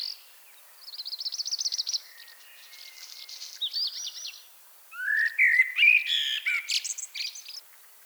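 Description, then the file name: Common blackbird song starting with rapid, high, buzzy trilled notes, a pause, then a low rising fluted whistle that breaks into a jumble of sharp, high squeaks. "Turdus merula"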